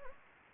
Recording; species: mosquito wingbeat signal from an infrared sensor; Anopheles gambiae